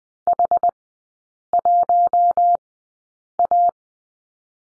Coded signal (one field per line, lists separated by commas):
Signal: Morse code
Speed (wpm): 20 wpm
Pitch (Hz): 700 Hz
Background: none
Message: H1A